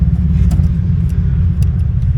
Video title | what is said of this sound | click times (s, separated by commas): Sprinter T1N Swap to Power Windows | And that clicked into place. | 1.6 s